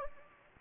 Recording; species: mosquito wingbeat signal from an infrared sensor; Anopheles gambiae